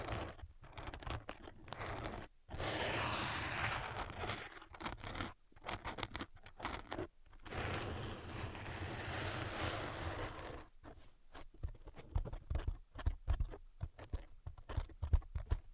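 Scratching and tapping on a surface, with two longer stretches of steady, dense scratching around the three-second and eight-to-ten-second marks. Between and after them come quick, uneven bursts of short scrapes and taps, growing sparser and sharper toward the end.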